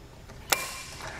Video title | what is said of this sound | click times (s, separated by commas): Install: Fit Kit for Thule Evo Clamp and Edge Clamp Roof Rack Feet on a 2015 Volkswagen Passat | you've heard that click that lets us note that it is torched to the correct specifications now | 0.5 s